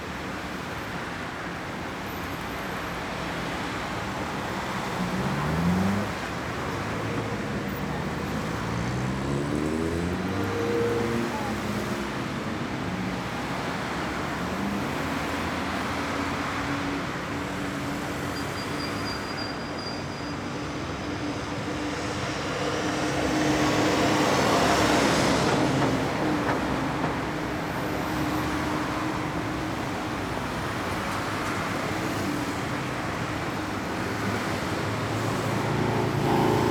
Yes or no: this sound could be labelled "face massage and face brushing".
no